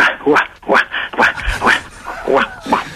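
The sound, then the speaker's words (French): A person on all fours imitates a barking dog, letting out about six loud, yappy barks in a steady rhythm with short pauses between them. “tu veux que je fasse la chienne? Ah oui, jappe.”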